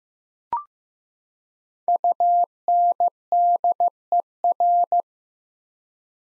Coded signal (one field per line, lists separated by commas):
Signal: Morse code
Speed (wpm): 15 wpm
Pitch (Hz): 700 Hz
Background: none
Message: UNDER